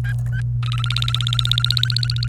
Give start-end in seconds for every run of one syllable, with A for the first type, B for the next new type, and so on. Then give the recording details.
0.04-0.41 A, 0.63-2.28 B. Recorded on 29 April 2018 at 06:39. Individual llb3